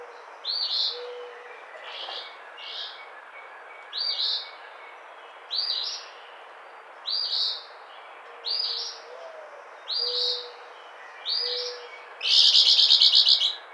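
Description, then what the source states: Eastern phoebe giving short raspy two-note phrases roughly every one and a half seconds, ending in a louder rapid buzzy trill; faint low tones in the background. Recorded 11 April 2009.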